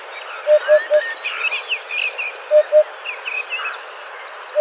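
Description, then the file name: Eurasian hoopoe calling, a soft low hollow 'oop-oop-oop' triplet, then two more notes and a final one, with thin chirping of other small birds throughout. "Huppe fasciee"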